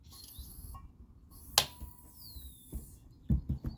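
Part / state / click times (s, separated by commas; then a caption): CO2 tank into tank adapter / seated / 1.6 s. A 20 oz CO2 tank is screwed into an oiled tank adapter on an air gun, and it seats with a sharp click at 1.6 s and no hiss of leaking gas. Quieter knocks follow near the end.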